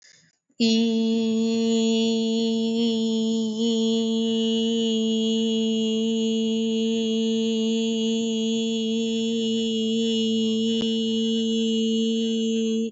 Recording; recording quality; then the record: sustained vowel as in beet; excellent, no background noise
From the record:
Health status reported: healthy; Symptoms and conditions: none ticked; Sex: female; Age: 33 years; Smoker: not ticked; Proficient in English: yes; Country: India